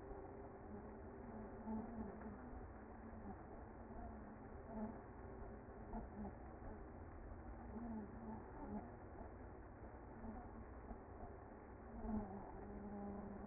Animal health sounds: honeybee colony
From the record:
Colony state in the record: active

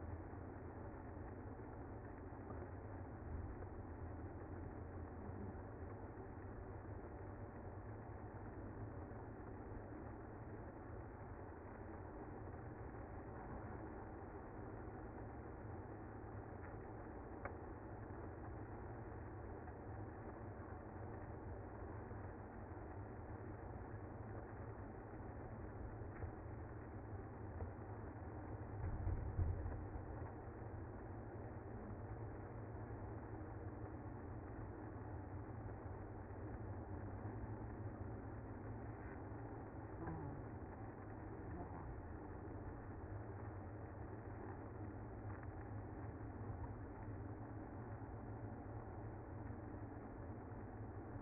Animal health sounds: honeybee colony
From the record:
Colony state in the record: active

